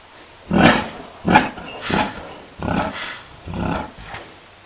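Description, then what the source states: Yak giving five gruff, breathy grunts spaced less than a second apart, each starting strongly and fading quickly. Bull yak.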